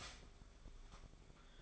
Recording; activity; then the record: daily activity, microphone in the room; start toaster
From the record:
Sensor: 5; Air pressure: 1004.3 hPa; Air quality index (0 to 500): 171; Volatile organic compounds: 4 ppm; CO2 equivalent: 1602 ppm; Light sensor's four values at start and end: 33/108/40/41 and 33/108/40/41